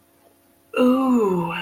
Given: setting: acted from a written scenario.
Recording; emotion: vocal sound without words; interest